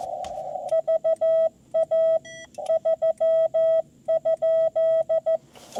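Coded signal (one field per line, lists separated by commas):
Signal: Morse code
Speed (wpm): 15 wpm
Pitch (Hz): 650 Hz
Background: none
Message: VA 3?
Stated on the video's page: CW Parks on the Air activation from a truck mobile install with screwdriver antenna and ham sticks on HF.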